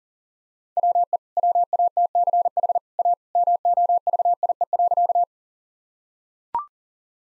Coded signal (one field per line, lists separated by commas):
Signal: Morse code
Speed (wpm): 40 wpm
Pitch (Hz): 700 Hz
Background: none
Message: WE WATCH A MOVIE.